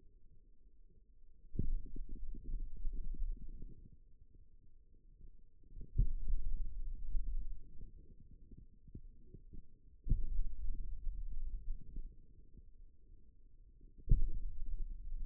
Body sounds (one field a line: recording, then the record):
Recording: forearm muscle sounds (acoustic myography)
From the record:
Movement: finger pinch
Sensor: system 2, bracelet of six BSWA MPA416 microphones around the upper forearm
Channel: 1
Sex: male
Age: 22 years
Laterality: right